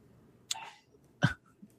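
Two faint, muffled bursts about 0.7 seconds apart: a distant adult man sneezing in another room.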